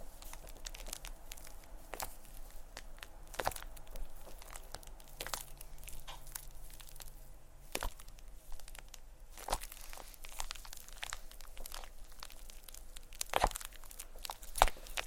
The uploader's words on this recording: ASMR Playing With Shaving Cream (Plastic Wrap, Brushing, Massage, Crinkles).